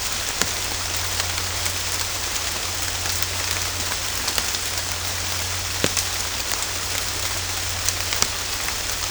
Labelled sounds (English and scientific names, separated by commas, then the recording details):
none
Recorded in dense forest near Puerto Asís, Putumayo, Colombia, on 22 December 2024 at 18:00
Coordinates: 0.503, -76.323
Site G043